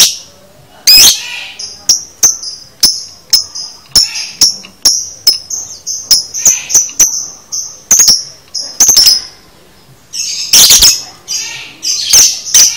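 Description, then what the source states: Lovebird chirping: sharp, high clicky chirps repeated rapidly, with a few louder buzzy bursts near the start and end. Training recording (masteran) of a lovebird's konslet chatter, used to teach lovebirds to chatter.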